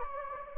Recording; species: mosquito wingbeat signal from an infrared sensor; Anopheles gambiae